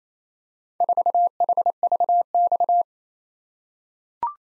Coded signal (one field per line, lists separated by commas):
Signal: Morse code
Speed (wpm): 27 wpm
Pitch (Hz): 700 Hz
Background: none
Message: 4HVX